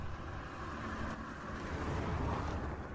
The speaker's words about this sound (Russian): Я включил зажигание и завел мотор.